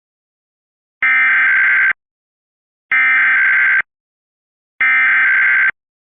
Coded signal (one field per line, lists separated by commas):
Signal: Emergency Alert System (SAME) tones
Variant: header bursts